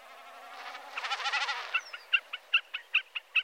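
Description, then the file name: Common snipe: a throbbing, pulsing rush of sound at first, then changing to evenly repeated sharp tick notes, several each second, until the end. "Enkelbeckasin"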